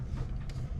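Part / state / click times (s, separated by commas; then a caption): heatsink back plate clipping onto a game console motherboard / not seated / none. A metal heatsink back plate is handled under a PS3 game console motherboard, lined up with its clips over the edge during reassembly. A steady low rumble runs throughout, with one brief, faint broadband tick at about 0.5 s. Nothing has clicked or seated yet.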